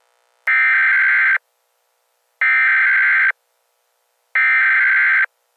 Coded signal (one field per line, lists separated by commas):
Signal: Emergency Alert System (SAME) tones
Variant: header bursts